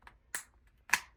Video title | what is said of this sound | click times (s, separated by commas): How to Use a Power Drill for Beginners (DeWalt 20V Guide) | and then you hear like a little click and it's locked so now it's on there | 0.3 s, 0.9 s